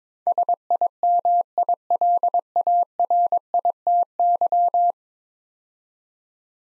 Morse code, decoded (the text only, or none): SIMILARITY